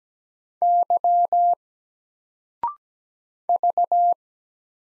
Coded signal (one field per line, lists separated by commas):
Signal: Morse code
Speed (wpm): 17 wpm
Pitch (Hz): 700 Hz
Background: none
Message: Y V